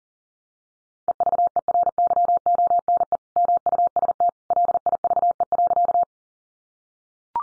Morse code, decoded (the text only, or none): EVERYONE MUST LIVE.